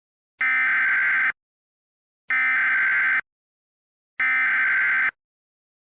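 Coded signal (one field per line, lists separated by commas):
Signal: Emergency Alert System (SAME) tones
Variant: header bursts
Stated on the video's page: A mock Halloween-themed EAS alert, not a real broadcast.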